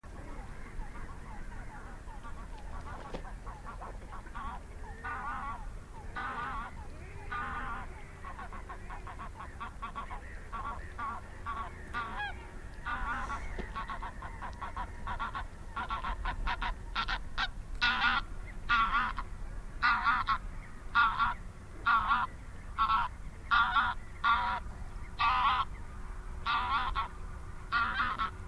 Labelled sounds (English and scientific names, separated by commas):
Greylag Goose (Anser anser) call